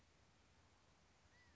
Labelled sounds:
California Quail (Callipepla californica)
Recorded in Sonoma County, California

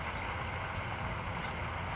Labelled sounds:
California Towhee (Melozone crissalis)
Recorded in Sonoma County, California

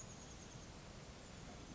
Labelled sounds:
Chestnut-backed Chickadee (Poecile rufescens)
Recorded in Sonoma County, California

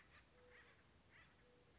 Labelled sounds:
Acorn Woodpecker (Melanerpes formicivorus)
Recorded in Sonoma County, California

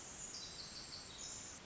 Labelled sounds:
Pacific Wren (Troglodytes pacificus)
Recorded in Sonoma County, California

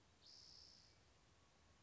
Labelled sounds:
Spotted Towhee (Pipilo maculatus)
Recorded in Sonoma County, California

